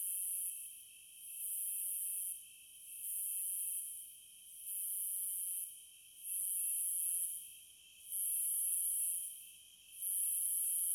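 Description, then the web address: Cicada call: high buzzing phrases, each lasting just over a second, repeated steadily with short gaps, over a steady high background drone. "Natures Songs Nature Sounds Sounds of Nature Collection 30 Cicadas"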